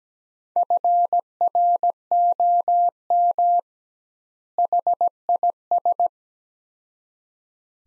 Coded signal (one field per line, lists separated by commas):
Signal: Morse code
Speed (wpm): 17 wpm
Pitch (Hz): 700 Hz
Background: none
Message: FROM HIS